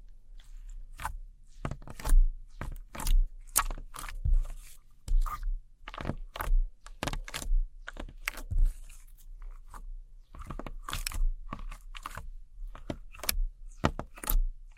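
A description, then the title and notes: Glow sticks, slime and sticky tape are handled in a quick run of sharp crunches, clicks and crackling scrapes, irregular and dense for the whole stretch, with brief lulls near six and ten seconds. A faint, steady low hum sits underneath. ASMR Neon Triggers（no Talking）. Glow Sticks. Slime. Sticky Tape.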